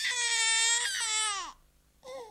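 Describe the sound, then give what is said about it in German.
A baby wails loudly in one long, strained, high-pitched cry that breaks off and falls, then after a short pause starts a second, briefer cry. “Und das Baby, das Sie soeben brüllen gehört haben, hört sich heute so an.”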